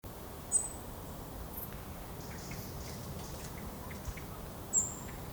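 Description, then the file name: European robin call: two isolated, very high, thin short notes about four seconds apart over steady low rumbling background noise. "Erithacus rubecula"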